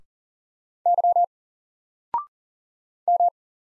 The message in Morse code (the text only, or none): Y M